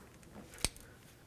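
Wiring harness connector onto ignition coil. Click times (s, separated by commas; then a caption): 0.7 s. A wiring harness electrical connector is pushed onto the ignition coil of a 2001-07 Toyota Sequoia after the coil bolt is started. A single sharp, short click at 0.6 s stands out over quiet background, with fainter ticks around it. The connector clicks in and is seated.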